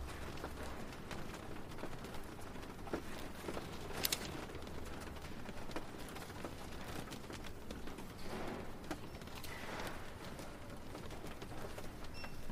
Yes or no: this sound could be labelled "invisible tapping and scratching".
no